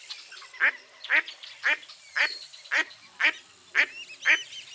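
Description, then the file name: Duck giving a series of harsh, nasal quacks, eight calls spaced about half a second apart, evenly paced against faint background hiss. "zvuki glazchatoi kriakvy"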